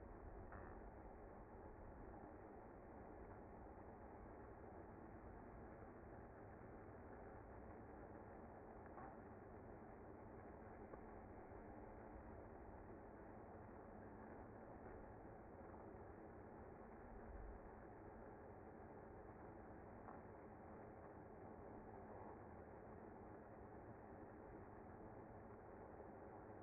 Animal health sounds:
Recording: honeybee colony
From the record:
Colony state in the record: active

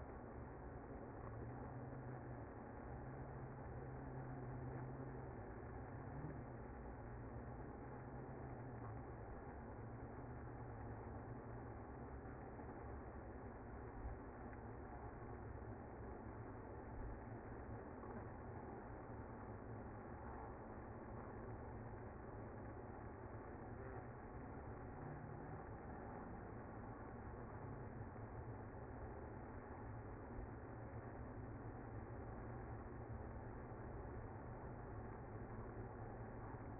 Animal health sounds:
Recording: honeybee colony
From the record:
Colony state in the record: active

